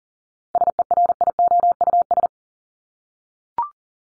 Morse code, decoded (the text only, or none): SERIOUS